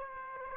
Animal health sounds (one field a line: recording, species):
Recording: mosquito wingbeat signal from an infrared sensor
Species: Aedes aegypti